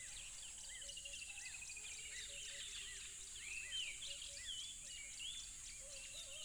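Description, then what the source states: Crickets sustaining a high steady drone; birds add scattered chirps and a long descending whistled series near the start. Crickets recorded at a tropical river.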